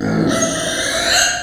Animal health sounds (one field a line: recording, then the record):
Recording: squeal of a Yucatan mini pig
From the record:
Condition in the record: before surgery on the right vocal fold (resection and tissue-engineered implant)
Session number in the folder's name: 3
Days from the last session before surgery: 0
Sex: female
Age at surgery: 19 weeks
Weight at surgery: 25 kg